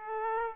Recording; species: mosquito wingbeat signal from an infrared sensor; Aedes aegypti